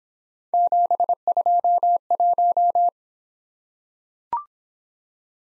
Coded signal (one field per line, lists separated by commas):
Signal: Morse code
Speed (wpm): 26 wpm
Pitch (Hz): 700 Hz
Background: none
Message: 721